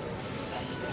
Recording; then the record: coughing mixed with background sound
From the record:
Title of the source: Dry Afternoon Cough